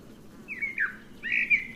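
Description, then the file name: Eurasian blackbird giving two short fluty, slurred whistles, the second slightly longer and rising into a thin squeak. "Turdus merula"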